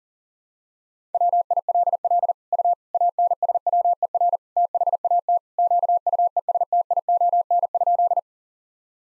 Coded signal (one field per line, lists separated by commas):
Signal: Morse code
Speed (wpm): 40 wpm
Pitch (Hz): 700 Hz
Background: none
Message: WILL U ANSWER THAT QUESTION?